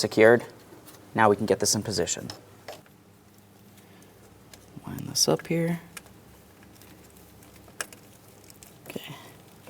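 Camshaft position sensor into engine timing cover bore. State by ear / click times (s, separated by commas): seated / 7.8 s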